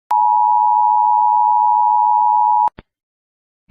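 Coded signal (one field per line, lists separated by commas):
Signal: Emergency Alert System (SAME) tones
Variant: 853 and 960 Hz attention tone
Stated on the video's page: Fictional EAS scenario for Egypt in Arabic and English.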